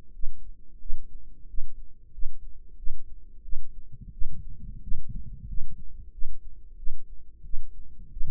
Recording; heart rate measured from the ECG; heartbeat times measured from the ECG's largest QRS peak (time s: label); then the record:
heart sounds by microphone in the right ear; 90 bpm
0.14 s: heartbeat
0.80 s: heartbeat
1.48 s: heartbeat
2.13 s: heartbeat
2.77 s: heartbeat
3.43 s: heartbeat
4.12 s: heartbeat
4.82 s: heartbeat
5.48 s: heartbeat
6.12 s: heartbeat
6.77 s: heartbeat
7.44 s: heartbeat
8.11 s: heartbeat
From the record:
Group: healthy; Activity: rest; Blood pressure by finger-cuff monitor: 124/79 mmHg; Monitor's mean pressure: 90 mmHg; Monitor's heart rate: 91 bpm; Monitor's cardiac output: 7.1 L/min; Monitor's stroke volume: 77 mL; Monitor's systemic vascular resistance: 930 dyn s/cm5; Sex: female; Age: 22 years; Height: 163 cm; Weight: 67.1 kg